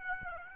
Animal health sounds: mosquito wingbeat signal from an infrared sensor; Aedes aegypti

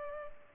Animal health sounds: mosquito wingbeat signal from an infrared sensor; Culex pipiens

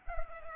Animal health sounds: mosquito wingbeat signal from an infrared sensor; Culex pipiens

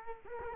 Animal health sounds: mosquito wingbeat signal from an infrared sensor; Culex quinquefasciatus

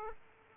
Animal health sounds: mosquito wingbeat signal from an infrared sensor; Aedes aegypti

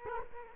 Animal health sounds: mosquito wingbeat signal from an infrared sensor; Culex quinquefasciatus

